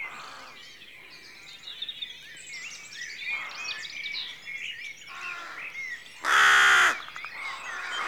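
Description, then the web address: Rooks calling with scattered hoarse caws under a dawn chorus of songbirds, then one loud harsh caw near the end. A rookery at dawn; rural exterior atmosphere. "BBC Sound Effects Library (Exterior Atmospheres-Rural Backg) Rookery Dawn"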